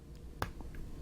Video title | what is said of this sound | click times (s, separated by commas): Wing Sung 618 - WOW! WOW! Totally clear piston fill, hooded nib, fountain pen review | piston filler works like the wing some six nine eight where you pull the cap out hear it click | 0.4 s